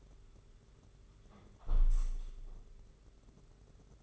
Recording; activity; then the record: daily activity, microphone in the room; close window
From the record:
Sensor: 4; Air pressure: 992.1 hPa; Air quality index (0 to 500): 106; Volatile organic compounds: 15 ppm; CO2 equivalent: 2520 ppm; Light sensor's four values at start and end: 23/78/28/30 and 22/77/28/30